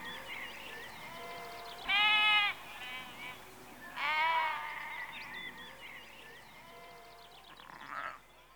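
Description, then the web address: Sheep bleats, two loud harmonic bleats about two seconds apart amid quieter bleating. Rural exterior atmosphere in early evening, with sheep recorded close. "Sound Effects Library Exterior Atmospheres-Rural Backg Sheep Early Evening- Close"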